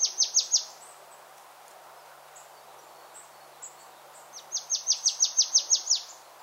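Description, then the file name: Marsh Tit call series: a short burst of four high, down-slurred notes, a quiet pause with faint chips, then a longer run of about ten rapid descending notes. "Poecile palustris"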